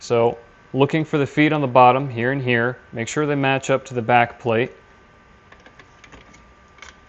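Someone talks while lining up the plastic feet on the bottom of a Clack ozone generator mounting bracket with the control valve back plate, so the bracket can go back all the way. After the talking stops, only faint handling taps are heard, at about 5.8, 6.0 and 6.8 seconds. Nothing has seated or clicked yet.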